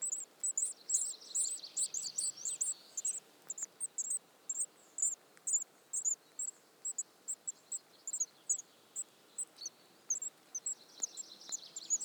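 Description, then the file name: Eurasian blue tit giving short, very high notes roughly twice per second, with fainter, lower trilled phrases now and then over quiet background hiss. "Cyanistes caeruleus"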